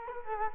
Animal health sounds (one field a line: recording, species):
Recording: mosquito wingbeat signal from an infrared sensor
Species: Culex quinquefasciatus